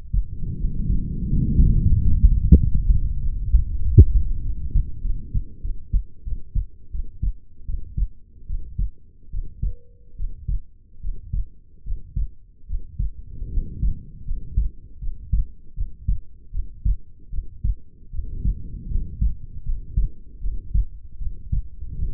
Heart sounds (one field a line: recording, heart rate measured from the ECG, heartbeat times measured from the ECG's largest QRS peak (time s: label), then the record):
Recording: heart sounds by stethoscope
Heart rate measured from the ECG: 81 bpm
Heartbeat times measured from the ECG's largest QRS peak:
0.56 s: heartbeat
1.26 s: heartbeat
1.91 s: heartbeat
2.56 s: heartbeat
3.20 s: heartbeat
3.81 s: heartbeat
4.41 s: heartbeat
5.02 s: heartbeat
5.61 s: heartbeat
6.24 s: heartbeat
6.91 s: heartbeat
7.66 s: heartbeat
8.46 s: heartbeat
9.30 s: heartbeat
10.16 s: heartbeat
11.00 s: heartbeat
11.83 s: heartbeat
12.66 s: heartbeat
13.49 s: heartbeat
14.24 s: heartbeat
14.99 s: heartbeat
15.74 s: heartbeat
16.51 s: heartbeat
17.30 s: heartbeat
18.10 s: heartbeat
18.88 s: heartbeat
19.63 s: heartbeat
20.40 s: heartbeat
21.18 s: heartbeat
21.95 s: heartbeat
From the record:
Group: healthy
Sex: female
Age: 22 years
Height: 160 cm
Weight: 45 kg